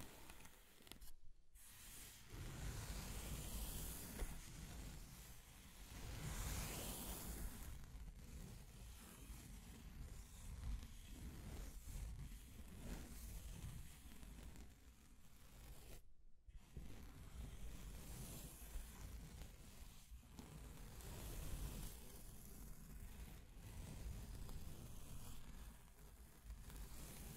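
Steady, dense scratching and tracing, a rough hiss that swells and fades in long strokes, broken by brief pauses near one and sixteen seconds.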